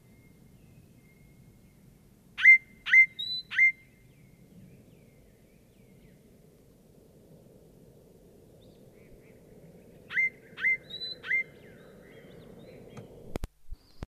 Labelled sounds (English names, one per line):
Great Tit song